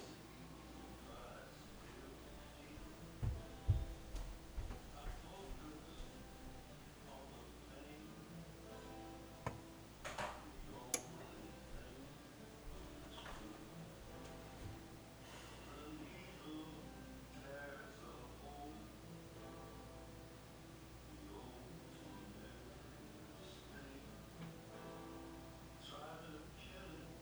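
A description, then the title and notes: Someone cooks a frozen pizza while people talk steadily throughout, their voices filling most of the clip. A low steady hum runs underneath. Sharp clatters and knocks come around 3 to 4 seconds and again near 10 to 11 seconds, with softer thuds scattered later. Cooking a Frozen Pizza. Cooks a frozen pizza (amongst other background activity).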